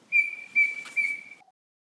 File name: Heteromyias Cinereifrons